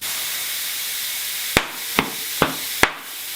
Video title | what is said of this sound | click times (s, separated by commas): Vittoria Air-Liner set up | Make sure you hear all of your beads snapping into place. | 1.6 s, 2.0 s, 2.4 s, 2.8 s